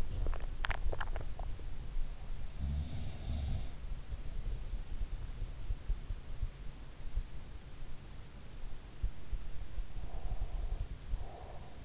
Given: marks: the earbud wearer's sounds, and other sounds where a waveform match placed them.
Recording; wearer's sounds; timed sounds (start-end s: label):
sounds in sleep by an in-ear microphone; swallowing, breath
0.00-1.71 s: swallowing
2.48-3.84 s: sound from someone else or the room
9.99-11.85 s: breath